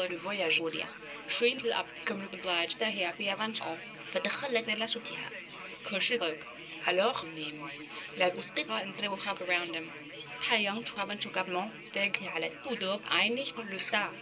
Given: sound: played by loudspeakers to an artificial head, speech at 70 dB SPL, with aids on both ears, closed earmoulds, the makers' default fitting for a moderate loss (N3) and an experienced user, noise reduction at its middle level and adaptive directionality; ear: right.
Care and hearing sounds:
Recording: speech test signal (ISTS) in cocktail-party noise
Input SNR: +6 dB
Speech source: on the right (90 degrees)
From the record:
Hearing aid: class 2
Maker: C

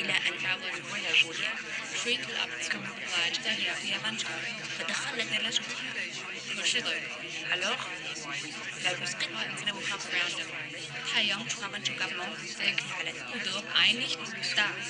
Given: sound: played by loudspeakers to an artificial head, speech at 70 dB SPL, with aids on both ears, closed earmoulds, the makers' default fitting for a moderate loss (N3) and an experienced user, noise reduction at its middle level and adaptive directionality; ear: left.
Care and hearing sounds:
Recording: speech test signal (ISTS) in cocktail-party noise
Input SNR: -3 dB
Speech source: in front (0 degrees)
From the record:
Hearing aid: class 2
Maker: G

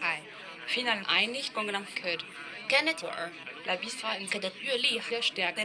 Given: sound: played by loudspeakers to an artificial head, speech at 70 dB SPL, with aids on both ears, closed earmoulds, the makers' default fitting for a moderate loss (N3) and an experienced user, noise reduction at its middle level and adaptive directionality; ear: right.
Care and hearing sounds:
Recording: speech test signal (ISTS) in cocktail-party noise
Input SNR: +6 dB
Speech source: on the right (90 degrees)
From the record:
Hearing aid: class 2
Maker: I

